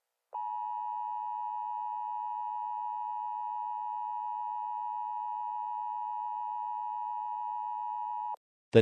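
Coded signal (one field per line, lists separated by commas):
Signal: Emergency Alert System (SAME) tones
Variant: 853 and 960 Hz attention tone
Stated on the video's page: Fictional Emergency Alert System scenario for a Honolulu tsunami; a simulated alert, not real.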